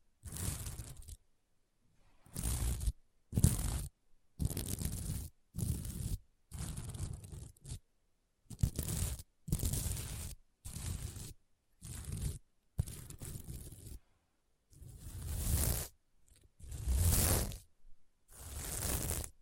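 Sequins on a mermaid pillow are scratched in quick, separate strokes, each a rough, crunchy swipe about a second long, with short silences between.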